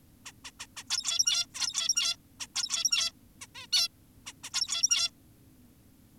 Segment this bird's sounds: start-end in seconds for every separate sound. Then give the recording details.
0.26-0.32, 0.45-0.51, 0.60-0.67, 0.77-0.84, 0.90-1.46, 1.54-2.16, 2.40-2.47, 2.55-3.12, 3.41-3.47, 3.55-3.67, 3.73-3.88, 4.26-4.33, 4.44-4.50, 4.54-5.10. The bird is an adult. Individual g17y2U